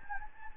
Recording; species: mosquito wingbeat signal from an infrared sensor; Anopheles gambiae